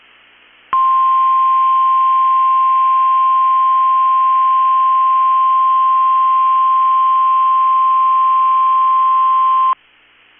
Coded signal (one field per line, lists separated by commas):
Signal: Emergency Alert System (SAME) tones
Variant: 1050 Hz attention tone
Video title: Weather Radio Wednesday Tests (EAS #945-#954)